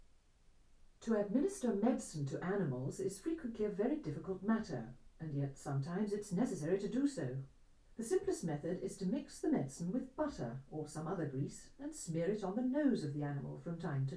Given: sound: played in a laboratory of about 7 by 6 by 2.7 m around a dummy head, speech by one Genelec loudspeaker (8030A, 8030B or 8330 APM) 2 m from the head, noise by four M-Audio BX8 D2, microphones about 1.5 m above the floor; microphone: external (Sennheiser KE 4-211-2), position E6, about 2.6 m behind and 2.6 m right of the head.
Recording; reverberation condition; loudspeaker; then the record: female speech in English; low; behind (180 degrees)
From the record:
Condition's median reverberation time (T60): about 310 ms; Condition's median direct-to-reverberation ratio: about 3.5 dB